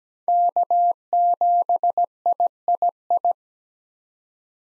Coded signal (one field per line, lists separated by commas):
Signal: Morse code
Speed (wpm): 17 wpm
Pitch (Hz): 700 Hz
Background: none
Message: K7III